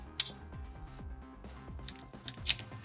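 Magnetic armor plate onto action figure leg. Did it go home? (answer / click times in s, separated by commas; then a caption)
yes / 0.2 s, 1.9 s, 2.3 s, 2.5 s. Magnetic diecast armor plates are snapped onto the leg of a 1/6 scale Hot Toys War Machine Mark 1 reissue action figure from Iron Man 2, over quiet background music. Sharp clicks sound at 0.2, 1.9, 2.3 and 2.5 seconds as the plates seat onto the leg.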